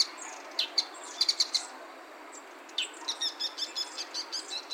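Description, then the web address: Bird calls: sharp high chirps in short clusters early on, then a quick run of evenly spaced chirps over the last two seconds, against a steady faint hiss. Wild bird recorded 7 October 2021 at Noda, by the east edge of Noda school. "yacho koe 20211007 野田小東縁"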